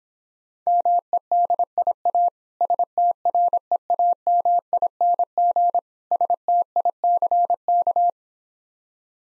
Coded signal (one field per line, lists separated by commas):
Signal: Morse code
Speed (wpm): 26 wpm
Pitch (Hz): 700 Hz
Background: none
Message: MEDIA STREAMING STICK